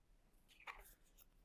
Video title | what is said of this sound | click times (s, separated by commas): DIY Battery Replacement ADT Command Systems - Door/Window sensors, Detectors, Keypads | roll it down and pop into place | 0.7 s